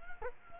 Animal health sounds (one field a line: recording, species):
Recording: mosquito wingbeat signal from an infrared sensor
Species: Culex quinquefasciatus